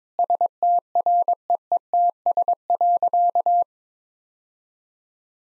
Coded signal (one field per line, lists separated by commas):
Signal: Morse code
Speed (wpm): 22 wpm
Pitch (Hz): 700 Hz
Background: none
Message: STREETS.